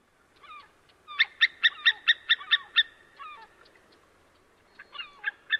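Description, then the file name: White-tailed eagle yelping call: a quick run of about eight sharp, ringing notes, preceded and followed by a few lower, downward-slurred yelps. "havsorn"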